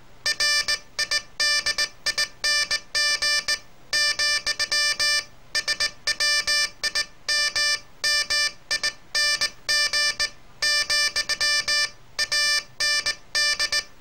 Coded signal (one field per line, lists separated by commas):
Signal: Morse code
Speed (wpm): 18 wpm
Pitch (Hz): 1750 Hz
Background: music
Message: RIDING , SWIMMING , AND